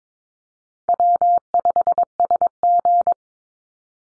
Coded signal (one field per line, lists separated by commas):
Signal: Morse code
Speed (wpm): 22 wpm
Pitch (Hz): 700 Hz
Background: none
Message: W5SG